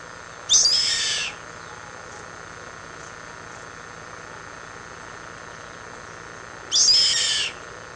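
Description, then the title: Yellow-headed caracara giving two harsh, raspy screams, each under a second long and about six seconds apart, over a steady electrical hum. "LuckyPassaro Completos2Sama. Yellow-headed Caracara (Milvago chimachima)"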